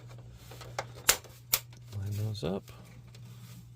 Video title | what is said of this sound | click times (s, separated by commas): Xbox 360 Drive Repair and Refurb | we're going to click these. | 1.1 s, 1.5 s